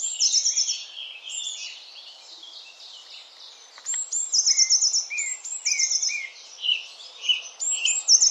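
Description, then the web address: Eurasian blue tit calling busily, high scratchy trills and thin notes repeating, with lower rising chirps joining partway through. "Deverinetal 2025 File origin Bird Only Cy Ca"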